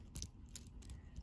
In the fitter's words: like that and you hear that click and it's closed yeah